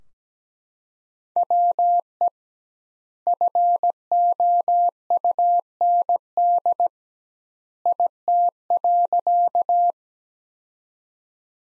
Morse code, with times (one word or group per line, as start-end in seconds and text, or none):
1.4-2.3 WE
3.3-6.9 FOUND
7.9-9.9 IT.